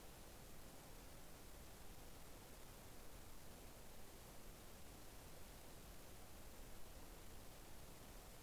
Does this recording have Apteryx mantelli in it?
no